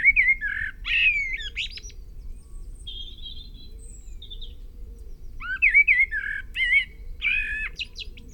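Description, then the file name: Common blackbird song phrases: rich warbled notes followed by scratchy high twitters, two bursts separated by a lull with faint thin high whistles. "Turdus merula"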